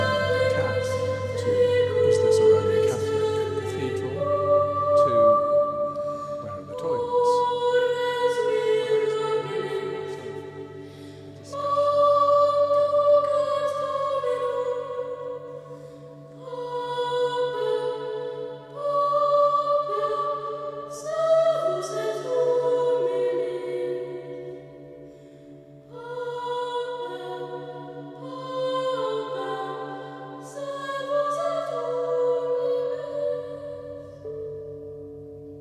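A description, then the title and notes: Wells Cathedral soundscape: sustained musical tones move slowly from note to note above a steady low drone that holds throughout. Phrases swell and fade in waves, with brief quieter dips around 10, 16 and 25 seconds before the sound rises again. Wells Cathedral soundscape excerpt by Rich Tomlinson.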